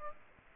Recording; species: mosquito wingbeat signal from an infrared sensor; Aedes aegypti